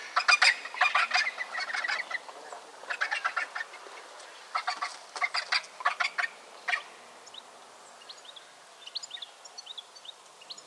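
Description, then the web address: Vulture giving rough, rattling chatter in several short bursts, fading after about seven seconds into faint scattered high squeaks. "animal-sound vulture-sound"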